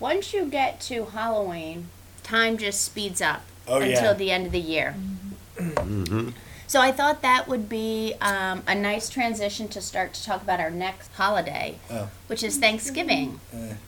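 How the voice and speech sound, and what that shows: Adult woman, a speech-language pathologist hosting a program at a stroke and brain injury recovery center in Vienna, Virginia, speaking with typical speech.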